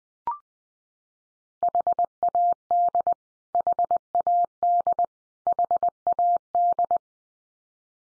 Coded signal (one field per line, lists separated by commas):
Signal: Morse code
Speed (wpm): 20 wpm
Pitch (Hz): 700 Hz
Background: none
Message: HAD HAD HAD